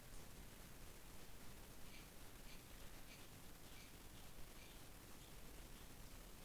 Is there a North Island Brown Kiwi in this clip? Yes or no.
no